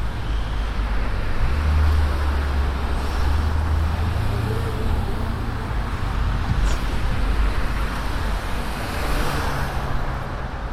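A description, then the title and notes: Traffic flows steadily along Broadway at 108th, a dense, continuous roar of passing cars with a deep engine rumble underneath. Low engine tones rise and shift between two and six seconds, and a brief bright hiss passes near seven seconds. A binaural field recording sitting on a bench on the medium of broadway at 108th.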